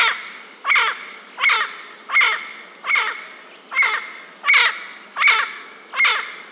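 Harsh, hoarse bird calls in a steady series, nine notes about three-quarters of a second apart, each with a brief buzzy ring.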